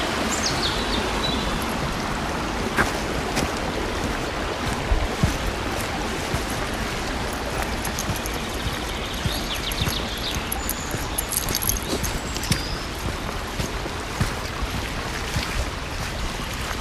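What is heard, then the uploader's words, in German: A forest walk with a dog: a steady, dense rustling hiss throughout, scattered clicks and thumps, and faint high bird chirps now and then. Abends mit dem Hund raus. Eine Stunde Spaziergang im Wald mit Hund.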